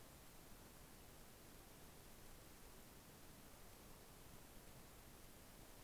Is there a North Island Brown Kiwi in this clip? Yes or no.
no